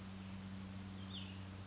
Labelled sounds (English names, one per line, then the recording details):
Cassin's Vireo
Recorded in Sonoma County, California